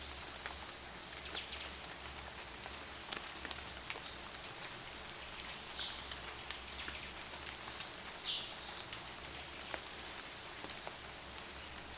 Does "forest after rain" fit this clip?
yes